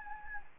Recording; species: mosquito wingbeat signal from an infrared sensor; Anopheles gambiae